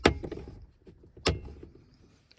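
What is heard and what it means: Two plastic retaining pins on the side of the glove compartment in a 2006–2014 Honda Ridgeline dashboard are squeezed inward until they pop free, releasing the glove box so it can be lowered. Two sharp pops ring out at 0.1 and 1.3 seconds, each followed by faint rattling and handling noise. The pins are released.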